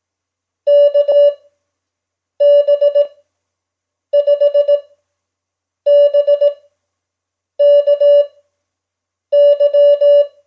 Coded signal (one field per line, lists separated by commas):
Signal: Morse code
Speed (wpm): 18 wpm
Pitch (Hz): 580 Hz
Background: none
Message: KB5BKY